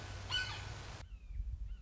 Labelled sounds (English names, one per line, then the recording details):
Red-shouldered Hawk
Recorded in Sonoma County, California